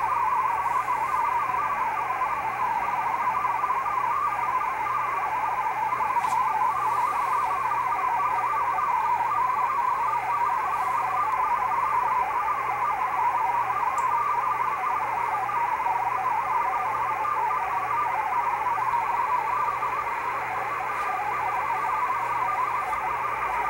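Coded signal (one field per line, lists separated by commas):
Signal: multi-tone FSK (Olivia or MFSK type)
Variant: Olivia 8/500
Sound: steady warbling, hooting tones hopping rapidly within a narrow band, continuous throughout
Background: radio static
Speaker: here's the decoding of the Olivia signal on my screen right here. So this is Olivia 8500.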